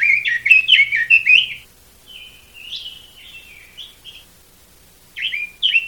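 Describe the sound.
Red-billed leiothrix song: a quick warbled burst, then softer drawn-out whistled notes, then two short bright phrases; a faint low hum under the first burst.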